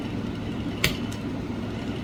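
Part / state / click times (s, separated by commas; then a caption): spring-loaded trigger group part into rifle receiver under pin / seated / 0.8 s. A spring-loaded internal trigger group part of a Remington Nylon 66 .22 rifle action is pushed up underneath a pin in the nylon receiver, giving a single sharp click at 0.8 s over a steady low background hum. The part seats, its spring tension is set, and it is installed.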